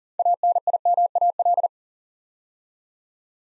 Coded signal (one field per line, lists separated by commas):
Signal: Morse code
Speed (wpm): 42 wpm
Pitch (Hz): 700 Hz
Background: none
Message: ANIMAL